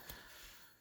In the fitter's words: the cabinet heard it click in